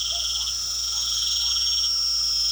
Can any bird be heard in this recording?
no